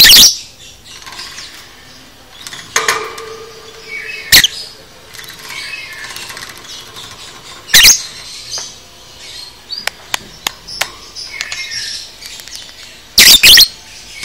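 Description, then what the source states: Lovebird calls: a few loud, shrill screeches spaced several seconds apart, with soft high chattering and scattered ticks in between. Masteran lovebird 'paud' recording, made for training cage birds.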